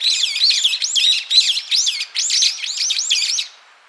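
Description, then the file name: Brown-eared bulbul chattering in quick, loud arched notes, roughly two or three a second, stopping shortly before the end. "Ixos amaurotis"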